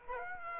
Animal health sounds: mosquito wingbeat signal from an infrared sensor; Aedes aegypti

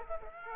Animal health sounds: mosquito wingbeat signal from an infrared sensor; Aedes aegypti

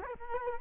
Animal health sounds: mosquito wingbeat signal from an infrared sensor; Culex quinquefasciatus

